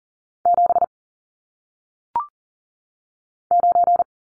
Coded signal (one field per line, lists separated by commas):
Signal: Morse code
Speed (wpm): 40 wpm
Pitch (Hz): 700 Hz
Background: none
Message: 7 9